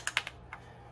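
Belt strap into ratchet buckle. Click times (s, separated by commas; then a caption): 0.1 s, 0.2 s, 0.3 s, 0.5 s. A Kore Essentials Micro Battle Belt strap is pushed back through its ratchet buckle to tighten it after being loosened with the release lever. Four sharp clicks sound at 0.1, 0.2, 0.3 and 0.5 seconds, the second loudest and the last softer and slightly longer. The belt clicks tight and is seated.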